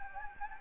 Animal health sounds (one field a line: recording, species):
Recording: mosquito wingbeat signal from an infrared sensor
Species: Anopheles gambiae